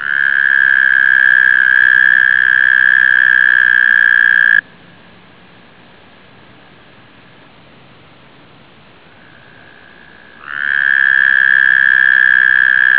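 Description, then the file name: American toad giving a long, steady, high musical trill that stops partway through, then a quiet pause before another trill starts near the end. "amertoad"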